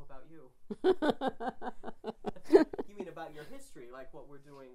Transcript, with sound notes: Oh, about you. ( they laugh ) You mean, about your history, like what we're doing now.